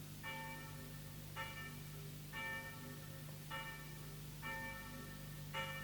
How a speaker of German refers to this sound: Die Glocke tönt und meine Schafe warten.